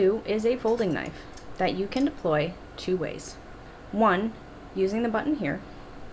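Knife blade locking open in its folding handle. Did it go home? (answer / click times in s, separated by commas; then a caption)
no / none. A folding knife is handled while someone talks, ready for its blade to be deployed with the button so the spring-loaded plunge (button) lock catches in the notch in the steel blade tang and locks the blade open in its folding handle. Nothing has seated or clicked yet; only speech is heard.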